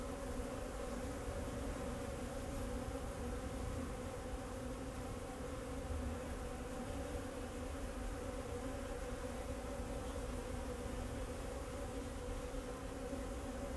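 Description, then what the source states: Bees droning steadily in an even hum that never breaks, with a deep low rumble in the background. Bees flying around the recordist in Jacques Brelpark, Kersbeeklaan, Vorst, Belgium; train in background; recorded binaurally with a Sennheiser Ambeo binaural headset.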